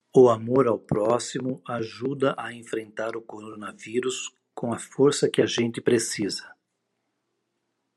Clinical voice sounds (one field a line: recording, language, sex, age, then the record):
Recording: spoken sentence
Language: Brazilian Portuguese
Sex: male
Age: 50 to 59 years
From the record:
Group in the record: control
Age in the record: 56 years